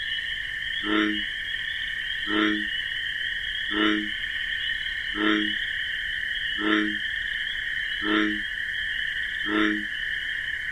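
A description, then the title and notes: A bullfrog gives deep, regular croaks about every second and a half over a steady, shrill drone of crickets that never lets up. Bullfrog Sound | The Wondrous Wetlands. In the tranquil darkness, the pulsating drone of crickets orchestrates a soothing rhythm. The bullfrog's distinctive "jug-o-rum" resonates like a sonorous heartbeat, punctuating the otherwise constant hum of the wetlands.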